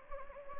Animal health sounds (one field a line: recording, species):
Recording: mosquito wingbeat signal from an infrared sensor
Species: Anopheles gambiae